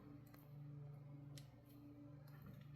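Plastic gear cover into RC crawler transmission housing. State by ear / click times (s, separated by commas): not seated / none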